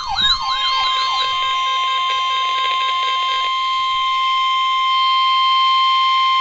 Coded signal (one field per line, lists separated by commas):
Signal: Emergency Alert System (SAME) tones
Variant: 1050 Hz attention tone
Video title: NOAA - 2 Flash Flood Watches (EAS #1,488 - 1,489)